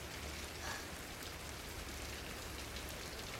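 Steady rain patters against a windowsill at night, a dense, even hiss of countless small taps with occasional sharper drops, continuous throughout with no voices.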